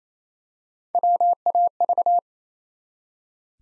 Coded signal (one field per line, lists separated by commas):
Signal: Morse code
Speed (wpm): 27 wpm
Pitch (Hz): 700 Hz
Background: none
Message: WAV